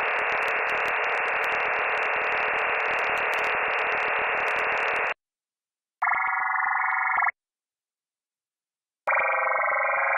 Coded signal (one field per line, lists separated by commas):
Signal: digital SSTV (DRM)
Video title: Data bij de Daily Minutes Podcast (DRM, Fldigi) 15 september 2019